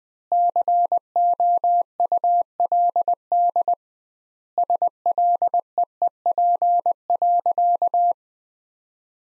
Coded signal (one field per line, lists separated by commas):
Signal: Morse code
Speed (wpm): 20 wpm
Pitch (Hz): 700 Hz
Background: none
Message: COULD SLEEP.